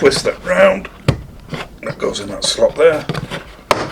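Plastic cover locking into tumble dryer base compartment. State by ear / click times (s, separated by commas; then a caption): seated / 3.7 s. A plastic cover/filter part inside the lower compartment of a Candy heat pump tumble dryer is twisted round and set into its slot while someone talks. It locks in with one sharp, loud click at 3.7 s, and the part is seated.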